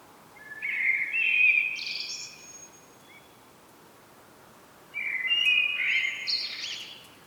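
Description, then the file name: Common blackbird song: two fluted, mellow warbled phrases, each ending in a higher squeaky twitter, separated by a few seconds of quiet. "Turdus merula"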